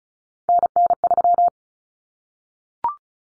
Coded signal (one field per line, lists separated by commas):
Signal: Morse code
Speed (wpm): 34 wpm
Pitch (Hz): 700 Hz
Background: none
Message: NN3